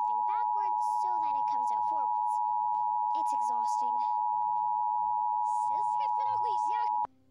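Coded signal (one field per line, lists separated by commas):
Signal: Emergency Alert System (SAME) tones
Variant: 853 and 960 Hz attention tone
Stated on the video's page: Severe thunderstorm warning EAS alert aired on WNPT-DT1 during a PBS program.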